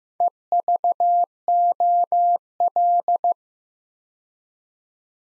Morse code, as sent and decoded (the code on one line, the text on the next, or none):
. ...- --- .-..
EVOL